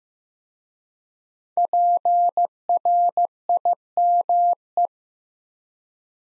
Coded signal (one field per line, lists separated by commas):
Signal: Morse code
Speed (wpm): 15 wpm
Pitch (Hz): 700 Hz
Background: none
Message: PRIME